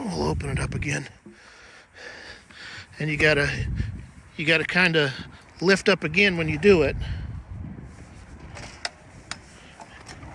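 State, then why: Seated. Someone talks while a folding mobility scooter frame is opened up again by lifting it, with a few short knocks and clicks in the last seconds. The frame latches into its unfolded position with a sharp click at about 9.3 s and locks firmly in place.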